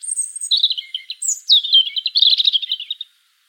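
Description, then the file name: European robin song: a three-second phrase of thin high whistles sliding down into rapid, jangling twittering trills, with no other sounds. "Erithacus rubecula"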